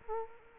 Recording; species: mosquito wingbeat signal from an infrared sensor; Culex quinquefasciatus